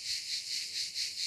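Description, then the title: Cicada song as a dense, high electric buzz pulsing evenly in several swells each second. "cigales"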